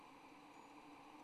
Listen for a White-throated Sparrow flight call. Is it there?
no